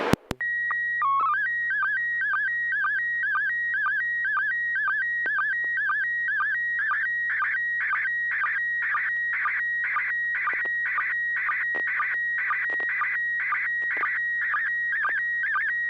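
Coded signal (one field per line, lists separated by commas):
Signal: SSTV (slow-scan television)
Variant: PD 120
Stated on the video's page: SSTV net on a 441.300 MHz FM repeater in Sacramento, California, sent with MMSSTV software.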